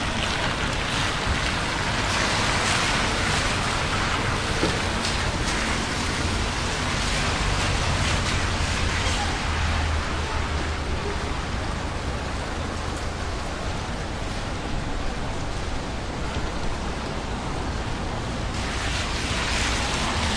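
Rain falls steadily on a city street at night, a dense, even hiss that fills the whole clip without letup. Underneath, a low rumble of traffic hums along, swelling slightly around the middle before settling back.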